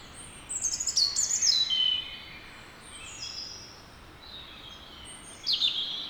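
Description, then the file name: European robin singing a short phrase of high, tumbling, sliding notes, a pause with faint high trills, then another phrase begins. "Erithacus rubecula"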